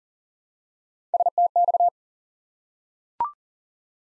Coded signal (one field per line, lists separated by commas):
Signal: Morse code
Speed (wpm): 40 wpm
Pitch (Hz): 700 Hz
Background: none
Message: STX